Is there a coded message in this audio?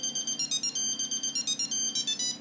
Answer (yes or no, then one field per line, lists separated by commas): no